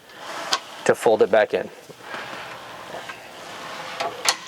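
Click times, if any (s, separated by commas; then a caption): 4.3 s. On a Winnebago Travato 59G dinette table, the release lever is pulled and the table extension is folded back in, with a sharp knock near 0.5 s, a softer thud around 4.0 s, and someone talking in between. The extension locks into place with a crisp click at 4.3 s.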